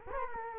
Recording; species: mosquito wingbeat signal from an infrared sensor; Culex quinquefasciatus